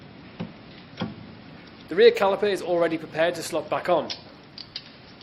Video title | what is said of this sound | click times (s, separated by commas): How to change car brakes - QUINTON HAZELL | On this car, there are two spring pins on the front and back that will click into place and hold the pad. | 0.4 s, 1.0 s